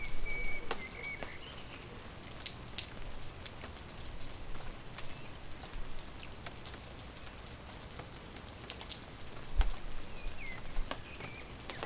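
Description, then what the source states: Bird song, a steady whistled note opening the passage and a short curling phrase near the end, under continuous rain and scattered drips. Recorded during rain.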